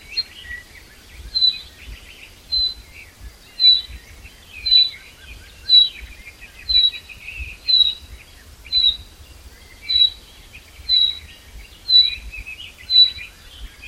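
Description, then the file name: Common chaffinch giving a long series of short, high whistled notes, roughly one per second, over quieter twittering. "Fringilla coelebs"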